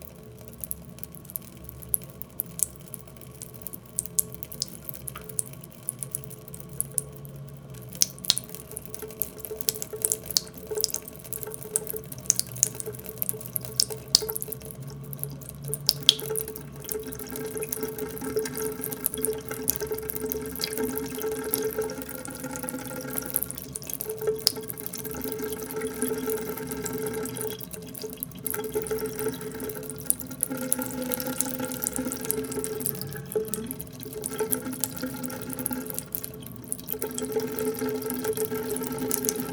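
Water sounds in a space devoted to water worship: steady running and dripping with bright splashy ticks, growing denser and fuller after about fifteen seconds.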